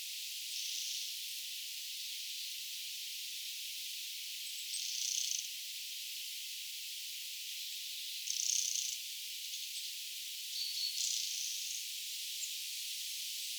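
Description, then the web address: Mistle thrush producing grating rattle calls, about four separate bursts a few seconds apart, against continuous high hiss. Calls recorded 7 October 2024. "paivat 7 10 2024 kulorastaan aantelya"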